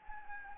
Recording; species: mosquito wingbeat signal from an infrared sensor; Anopheles gambiae